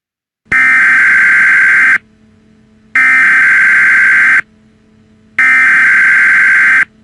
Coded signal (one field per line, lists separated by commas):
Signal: Emergency Alert System (SAME) tones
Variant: header bursts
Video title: Emergency Alert System Coronavirus (Bandicam Version)